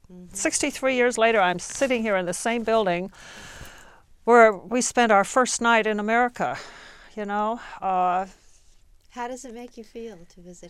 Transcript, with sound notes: Sixty-three years later I'm sitting here in the same building (gasps) where we spent our first night in America,, (sighs) you know.
How does it make you feel to visit here?